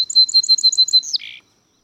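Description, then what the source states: Song Sparrow song: a quick series of sharp, high repeated notes, ending in a lower buzzy trill. Heard in spring as a sign of the season.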